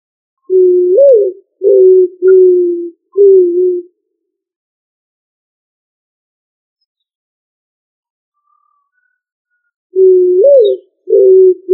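Pigeon cooing: a run of low, soft hooted notes, one swelling upward then dropping, followed by a long silence before the cooing starts again.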